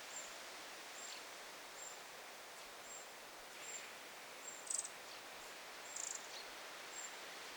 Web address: paivat 9 8 2026 nuorten peukaloisten huomioaantelya